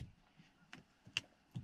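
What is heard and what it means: A black plastic MESO Customs cover is pushed onto the chrome exterior door handle of a 2020 Tacoma TRD Off-Road, held pulled open, then slid forward to lock it in. Soft clicks and rustles lead to a sharp snap at 1.2 s as the cover seats, followed by a fainter knock, and the fit is checked afterwards because it went in surprisingly easily.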